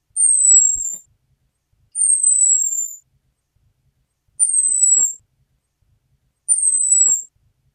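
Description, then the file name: Orange-headed thrush calls: four thin, very high whistles, each about a second long and sliding slightly downward, spaced roughly two seconds apart. Female. "suara am betina omkicau"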